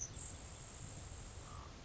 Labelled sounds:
Grasshopper Sparrow (Ammodramus savannarum)
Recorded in Sonoma County, California

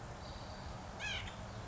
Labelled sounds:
White-breasted Nuthatch (Sitta carolinensis)
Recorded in Sonoma County, California

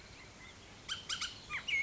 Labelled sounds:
Bullock's Oriole (Icterus bullockii)
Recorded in Sonoma County, California

